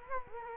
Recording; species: mosquito wingbeat signal from an infrared sensor; Culex quinquefasciatus